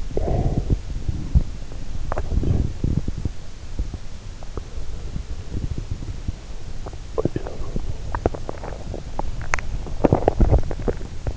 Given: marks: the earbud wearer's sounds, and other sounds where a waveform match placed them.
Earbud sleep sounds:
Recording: sounds in sleep by an in-ear microphone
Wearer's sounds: teeth grinding, swallowing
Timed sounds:
0.00-7.77 s: teeth grinding
7.96-11.36 s: swallowing

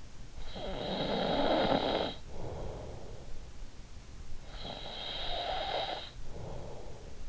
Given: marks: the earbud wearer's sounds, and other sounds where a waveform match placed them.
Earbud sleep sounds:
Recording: sounds in sleep by an in-ear microphone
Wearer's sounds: snoring breath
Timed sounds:
0.07-3.50 s: snoring breath
4.30-7.29 s: snoring breath

